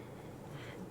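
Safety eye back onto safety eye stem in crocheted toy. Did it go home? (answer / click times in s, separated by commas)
no / none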